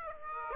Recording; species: mosquito wingbeat signal from an infrared sensor; Aedes aegypti